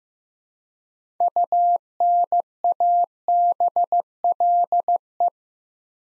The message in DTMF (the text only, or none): none